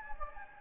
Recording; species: mosquito wingbeat signal from an infrared sensor; Anopheles gambiae